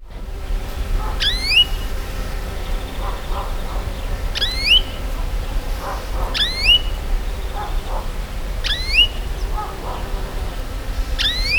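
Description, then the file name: European greenfinch calls: five calls a few seconds apart, each a sharp downward sweep followed by a rising whistled note, over a steady low rumble. "Chloris chloris"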